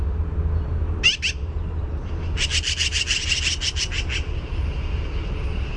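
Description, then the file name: Black-billed magpie calling: two quick harsh notes, then a fast rattling chatter lasting about two seconds, over a constant low hum. "BBMA chatter clear"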